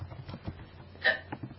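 One sharp, abrupt hiccup with a brief voiced catch from an adult woman, part of an ongoing bout of hiccups that has left her feeling sore.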